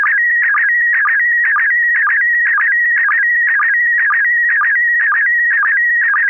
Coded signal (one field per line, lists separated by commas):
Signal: SSTV (slow-scan television)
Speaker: to the slow scan. That is a good copy here in the Thomas. We're going to go to George for a first comment on this picture.